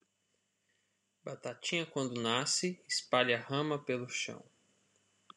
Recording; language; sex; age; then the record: short text; Brazilian Portuguese; male; 30 to 39 years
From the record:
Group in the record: control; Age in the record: 31 years